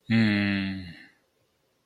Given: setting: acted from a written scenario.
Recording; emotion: vocal sound without words; shame